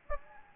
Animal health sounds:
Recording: mosquito wingbeat signal from an infrared sensor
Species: Anopheles gambiae

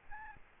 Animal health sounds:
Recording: mosquito wingbeat signal from an infrared sensor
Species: Aedes albopictus

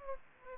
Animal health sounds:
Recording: mosquito wingbeat signal from an infrared sensor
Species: Aedes aegypti

